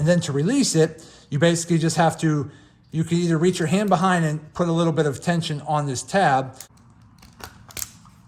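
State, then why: Released. Someone talks while pressing the spring-loaded release tab on a Quad Lock twist-lock phone mount on the handlebar of a Harley Davidson Street Glide. After the talking stops, several short clicks sound, the loudest at 7.8 s, as the phone in its case pops off the mount and is released.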